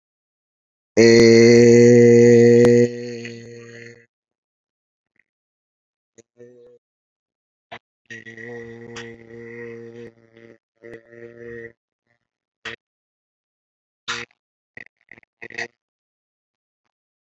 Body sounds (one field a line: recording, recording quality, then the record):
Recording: sustained vowel as in made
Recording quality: excellent, no background noise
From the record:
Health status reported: exposed to COVID-19, no respiratory illness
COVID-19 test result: negative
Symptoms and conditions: none ticked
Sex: male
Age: 32 years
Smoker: not ticked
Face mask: worn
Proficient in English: yes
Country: India